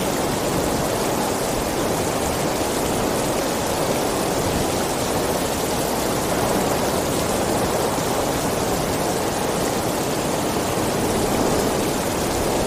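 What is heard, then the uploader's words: Gentle rain falls in a steady, dense hiss that barely changes from start to finish. The sound is full and even, with a soft low rumble beneath a bright patter, and faint slow swells suggest a light wind moving through. Gentle Rain & Subtle Winds.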